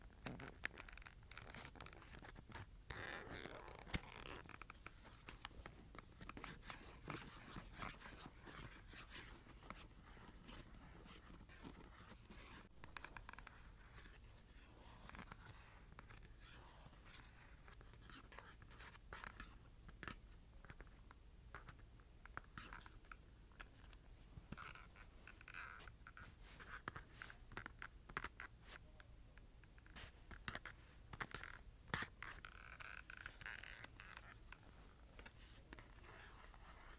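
Cardboard being scratched and tapped, with dense bursts of rough scraping and sharp clicks scattered throughout. The scratching comes in irregular flurries, busier near the middle and again around 30 seconds, with a low steady hum underneath.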